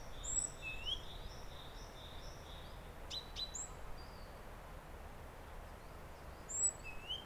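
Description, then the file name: Great tit call: a high sharp note then a lower upslurred whistle at the start and again near the end, with a faint run of soft notes between and low rumble. "Parus major"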